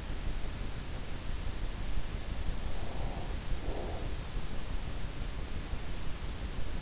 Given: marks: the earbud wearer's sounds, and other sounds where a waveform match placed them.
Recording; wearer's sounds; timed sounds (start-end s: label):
sounds in sleep by an in-ear microphone; breath
2.47-4.47 s: breath